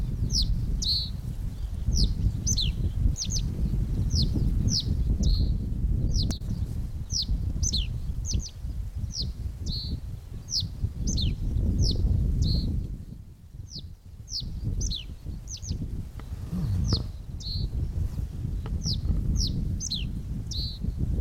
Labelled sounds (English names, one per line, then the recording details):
Reed Bunting
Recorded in the wild
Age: adult
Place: Schönerlinde, Naturpark Barnim, Brandenburg, DE
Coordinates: 52.651, 13.406
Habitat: pond
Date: 1992-05-01 11:15
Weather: heiter bis wolkig, böiger Wind, 16 °C
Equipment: Nagra SN, Mikrofon AKG CK 8, Kopie Tesla B 116
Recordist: Tembrock, Günter